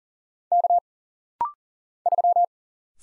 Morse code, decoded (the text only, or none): K 3